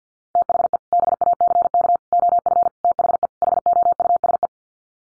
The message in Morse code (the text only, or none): THE BACK OF THE HOUSE